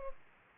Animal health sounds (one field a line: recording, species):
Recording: mosquito wingbeat signal from an infrared sensor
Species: Culex pipiens